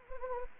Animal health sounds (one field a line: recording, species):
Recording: mosquito wingbeat signal from an infrared sensor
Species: Anopheles arabiensis